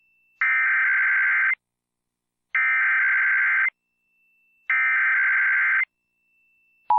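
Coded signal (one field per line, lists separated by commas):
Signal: Emergency Alert System (SAME) tones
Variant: header bursts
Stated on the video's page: Real EAS captures with valid SAME tones capable of activating EAS equipment.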